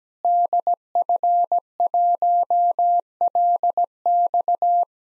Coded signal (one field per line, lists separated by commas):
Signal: Morse code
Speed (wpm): 17 wpm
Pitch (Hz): 700 Hz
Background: none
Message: DF1LX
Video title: Worked All Europe DX Contest QTC Exchange with Repeats 17wpm